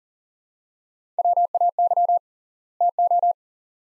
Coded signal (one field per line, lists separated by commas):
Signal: Morse code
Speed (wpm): 40 wpm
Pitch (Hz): 700 Hz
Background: none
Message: WAY TO